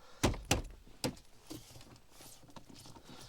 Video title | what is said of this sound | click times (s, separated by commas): Installation écran Android avec CarPlay et Android auto sur BMW Serie 3 E90 | remettre ça, vous avez juste à repousser pour reclipser. Voilà, | 0.5 s, 1.0 s